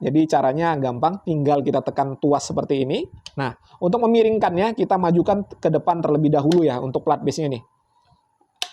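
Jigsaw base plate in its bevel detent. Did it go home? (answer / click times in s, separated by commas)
released / 8.6 s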